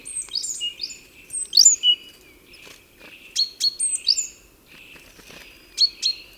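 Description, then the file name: Great tit calls: sharp chirps sweeping downward, grouped in short volleys separated by brief quiet gaps. "Parus major"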